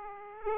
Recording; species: mosquito wingbeat signal from an infrared sensor; Aedes aegypti